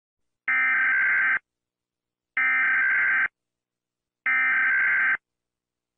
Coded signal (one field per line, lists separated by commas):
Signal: Emergency Alert System (SAME) tones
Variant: header bursts